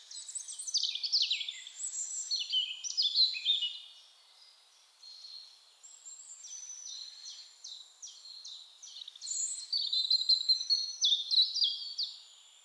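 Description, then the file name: European robin song: two long passages of high, sweet warbles and quick repeated notes, separated by a short quiet gap. "Erithacus rubecula"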